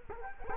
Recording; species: mosquito wingbeat signal from an infrared sensor; Culex quinquefasciatus